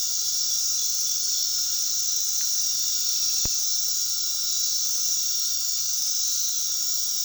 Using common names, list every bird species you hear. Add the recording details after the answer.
none. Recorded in pastures near Puerto Asís, Putumayo, Colombia, on 20 February 2024 at 21:00. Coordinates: 0.468, -76.328. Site G6414